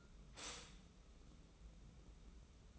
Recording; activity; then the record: daily activity, microphone in the room; stop toaster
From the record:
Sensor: 1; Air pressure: 994.4 hPa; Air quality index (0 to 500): 224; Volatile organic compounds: 1000 ppm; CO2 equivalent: 8030 ppm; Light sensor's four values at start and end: 130/299/133/145 and 130/299/132/145